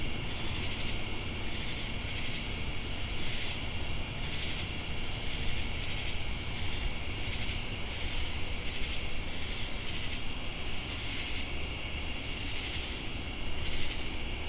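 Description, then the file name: Cricket: a high continuous trill with evenly spaced short chirps, over a pulsing insect sound and low rumble. Jamestown, North Carolina, USA, on August 10, 2018. "Crickets And Sacadas Jamestown NC August-10-2018"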